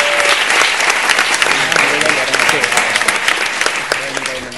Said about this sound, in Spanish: es don Juan García Xcast, para el que también pedimos un aplauso